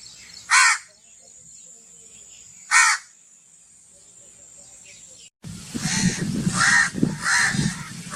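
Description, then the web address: Myna giving two separate harsh calls, then a sudden switch to louder, busier sound with more rasping calls and low rumbling noise. "animal-sound myna-sound"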